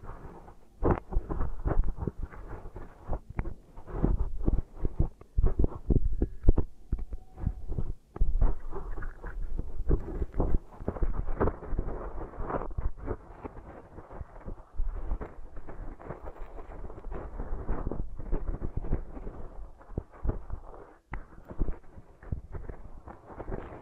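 Beeswax is pressed and kneaded against a microphone in a dense stream of soft crackles, thumps and sticky rubbing. The sounds are low and muffled, rarely reaching high, with brief louder pops scattered throughout and no pause in the handling.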